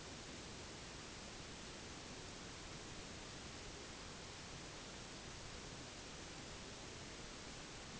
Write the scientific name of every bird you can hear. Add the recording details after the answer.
none. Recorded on Arctic tundra, site NAIT-1, on 1 July 2019. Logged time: 08:00